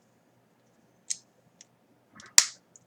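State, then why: Seated. The loose pelvis/hip piece of a die-cast cloth Ikki Phoenix V1 EX action figure, made of plastic or metal, is pressed back into the figure body. Light clicks at 1.1 s and 1.6 s and a soft rattle around 2.2 s lead up to a loud, sharp snap at 2.4 s, followed by a faint tick at 2.8 s. The piece clips back on and is seated at 2.4 s.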